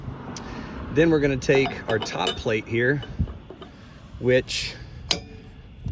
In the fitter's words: snaps into place there. You can easily tell how to do that.